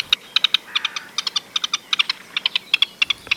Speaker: Also die haben es zumindest stimmlich in sich, diese Teichhühner.